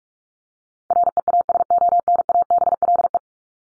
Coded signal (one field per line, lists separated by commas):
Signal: Morse code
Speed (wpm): 44 wpm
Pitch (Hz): 700 Hz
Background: none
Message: REASONABLE